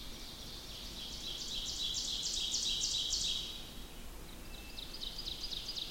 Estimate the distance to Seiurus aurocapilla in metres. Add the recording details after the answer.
about 45 m. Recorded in boreal forest in Alberta, Canada, on 14 June 2016 at 05:55. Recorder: SongMeter 3, array SBT-3-33. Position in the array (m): 280 m, 279 m. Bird 22